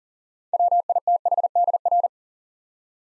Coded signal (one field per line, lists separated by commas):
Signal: Morse code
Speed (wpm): 40 wpm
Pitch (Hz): 700 Hz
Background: none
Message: WITHDR